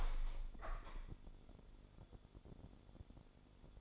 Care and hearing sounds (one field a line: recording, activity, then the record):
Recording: daily activity, microphone in the room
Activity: open window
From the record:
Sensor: 5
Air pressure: 1015.0 hPa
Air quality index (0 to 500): 109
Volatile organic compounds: 2 ppm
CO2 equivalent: 1171 ppm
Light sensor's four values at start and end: 35/81/33/31 and 35/81/33/31